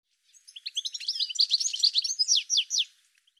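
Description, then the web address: Bird calling in a rapid run of high chirps and short sweeping notes, about three seconds long, with quiet background. "cianscape birddata Deverinetal 2025 File cleaned normalized Bird"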